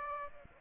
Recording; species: mosquito wingbeat signal from an infrared sensor; Aedes aegypti